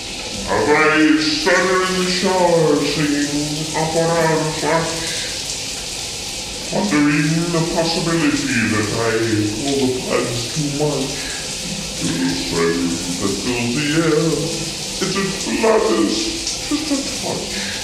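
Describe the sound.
A shower runs with a steady, broad hiss of spraying water throughout, while a voice carries on over it, its tones rising and falling above the constant rush.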